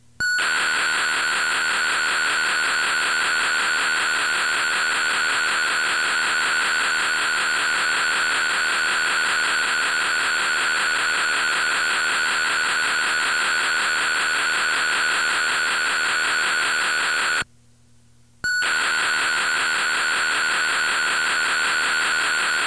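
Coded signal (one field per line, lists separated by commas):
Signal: computer data on cassette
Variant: Intellivision Keyboard Component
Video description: First two minutes of a blank Intellivision Keyboard Component BASIC data storage cassette.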